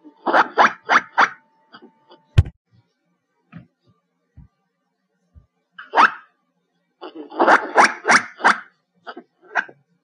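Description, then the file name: Black giant squirrel giving rasping barked chirps in quick runs, with a sharp click and scattered soft knocks during a quieter middle stretch. "Tieng soc den keu"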